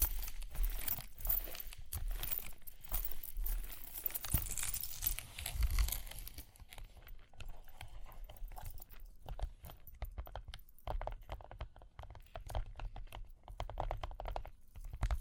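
Tapping, scratching and ear-cleaning sounds: for the first six seconds a dense, rustling scratch with a bright jingling shimmer on top, swelling around the fifth second. After that the texture turns sparse and uneven, a run of quick, irregular taps and clicks over a soft low rumble.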